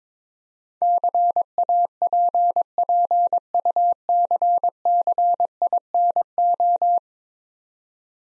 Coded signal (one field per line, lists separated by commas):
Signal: Morse code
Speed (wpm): 22 wpm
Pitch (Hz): 700 Hz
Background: none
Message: CAPPUCCINO